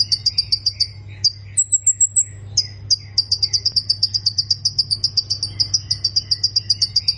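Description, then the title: Plain prinia song of brisk, high, repeated chirps, broken once by a thin, higher trill, then resuming in a steady fast series over a low hum. "Ciblek Sawah"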